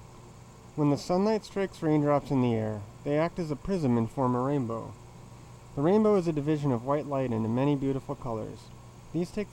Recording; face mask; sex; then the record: reading aloud; surgical mask; male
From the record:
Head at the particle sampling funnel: tilted down, bridge of the nose in front of it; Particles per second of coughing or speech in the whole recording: 1.81